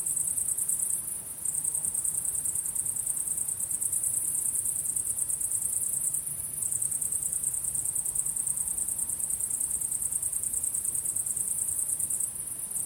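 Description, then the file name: Crickets giving a shrill, fast-pulsed chorus high in pitch, steady throughout with short gaps around one, six and twelve seconds. Crickets at sunset. "syrsor solnedgang"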